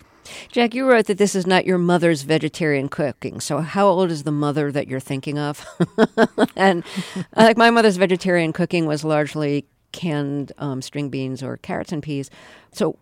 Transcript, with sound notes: Jack, you wrote that this is not your mother's vegetarian cooking, so how old is the mother that you're thinking of? (Laughter)And - like, my mother's vegetarian cooking was largely canned string beans or carrots and peas,